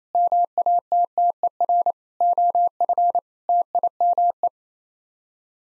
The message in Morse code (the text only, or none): MATTER OF TIME